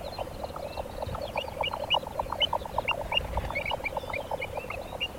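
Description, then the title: Jack Snipe giving its galloping display clatter, quick knocking pulses throughout, accompanied by short higher chirps. Display sound resembling clattering hooves, given from the night sky over bogs. "Jänkäkurppa"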